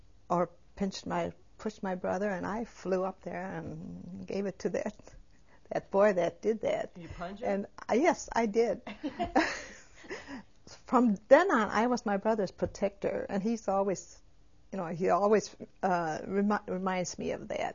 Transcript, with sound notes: or pinched my, pushed my brother, and I flew up there and gave it to that, that boy that did that.
Did you punch him?
Yes, I did. ( they laugh ) From then on I was my brother's protector, and he used to always, you know, he always reminds me of that.